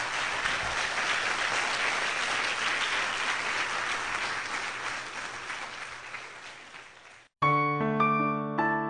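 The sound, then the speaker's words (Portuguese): An audience claps for God together in a long, loud, steady burst of applause that fades slightly, then breaks off abruptly as sustained musical chords begin. “Vamos aplaudir o nosso Deus então, bem forte.”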